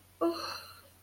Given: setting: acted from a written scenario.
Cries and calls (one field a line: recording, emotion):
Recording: vocal sound without words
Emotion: sadness